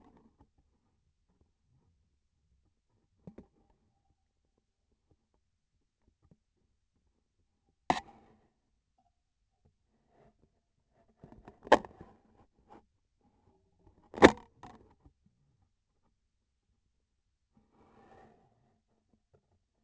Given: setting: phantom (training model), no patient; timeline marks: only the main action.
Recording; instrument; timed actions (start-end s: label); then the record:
laparoscopic instrument, vibration sensor on the handle end; scissors
14.04-14.53 s: cutting PTFE tape
From the record:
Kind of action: gesture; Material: PTFE tape